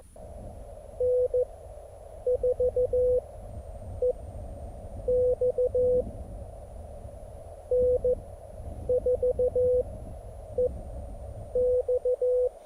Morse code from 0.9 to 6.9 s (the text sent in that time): N4EX